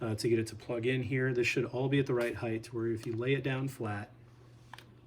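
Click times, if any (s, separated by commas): 4.7 s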